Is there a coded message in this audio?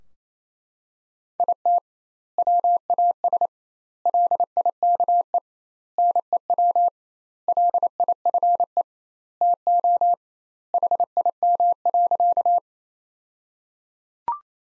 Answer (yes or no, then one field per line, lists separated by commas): yes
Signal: Morse code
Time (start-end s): 1.4-12.6 s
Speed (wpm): 28 wpm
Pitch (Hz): 700 Hz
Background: none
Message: IT WAS LIKE NEW LIFE TO HIM.